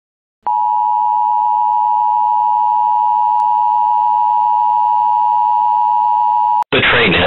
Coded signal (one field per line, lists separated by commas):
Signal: Emergency Alert System (SAME) tones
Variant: 853 and 960 Hz attention tone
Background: speech